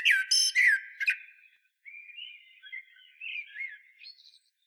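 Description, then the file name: Common blackbird: a few loud, shrill squeaky notes followed by a soft run of low, wandering fluty whistles ending on a thin high note. "Turdus merula"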